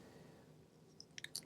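A plastic leg/heel piece of a Digimon Fusion Dorulumon Digi-Fusion action figure, broken off and turned around, is pressed onto its ball joint in the back of the figure's shin. Over a quiet low background hiss come small sharp plastic clicks, with the piece snapping into place at 1.2 s and 1.4 s. The heel piece is seated in the shin.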